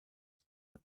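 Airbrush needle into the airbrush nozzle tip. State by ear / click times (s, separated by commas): seated / 0.8 s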